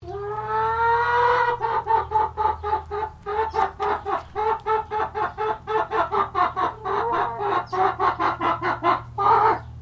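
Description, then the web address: Chicken, a hen clucking: an opening drawn-out note, then a long steady run of rapid, evenly spaced clucks over a low hum. Brown highliner hen, long clucking sequence. "Sound Effects-Foundation 1 BIRD CHICKEN HIGHLINER BROWN CLUCK LONG"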